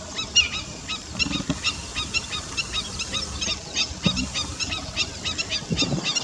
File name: Black-winged stilt 5 alok